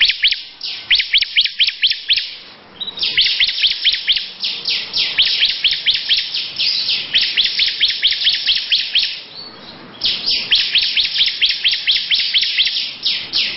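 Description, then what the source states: Lovebird uttering high, rapid chirp series in long trilled runs, broken by short pauses near three and ten seconds before resuming. Long "ngekek panjang" song style.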